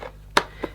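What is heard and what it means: After a failed first attempt, the plastic filter of a Dyson 360 Eye robotic vacuum cleaner is pushed back in and snaps into place with a loud, sharp click at 0.4 s. A softer tap follows at about 0.6 s. The filter is confirmed seated.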